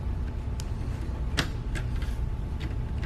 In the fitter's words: And then it will snap in place.